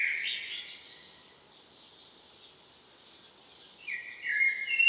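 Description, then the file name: Common blackbird singing: a short mellow warble ending in a squeaky high twitter, then a second fluting phrase starts near the end, over steady hiss. "Turdus merula"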